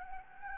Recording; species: mosquito wingbeat signal from an infrared sensor; Anopheles gambiae